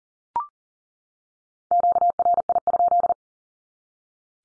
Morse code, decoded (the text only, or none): QRI?